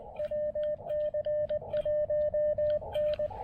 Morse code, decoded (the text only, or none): WC1N